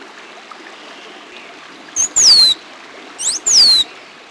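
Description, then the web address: Bird calls: two high, thin whistles about 1.3 seconds apart, each a short upward flick followed by a longer smoothly descending slur, with soft background hiss. "Peterson North American Birds. rtbe"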